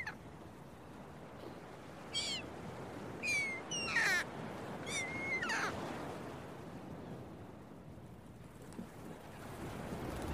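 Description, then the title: Gull calls, several loud mewing cries in the middle seconds over the steady hiss of waves. Seagulls at a beach with waves, recorded early in the morning. "Early Morning Seagulls and Beach Waves"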